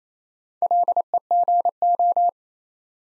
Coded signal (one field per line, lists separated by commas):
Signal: Morse code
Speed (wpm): 27 wpm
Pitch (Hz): 700 Hz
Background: none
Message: LEGO